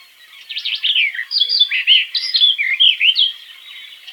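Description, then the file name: Barred warbler song: a rapid, harsh, chattering warble of jumbled notes that runs for nearly three seconds, then fades. "slavka jastrebinaja"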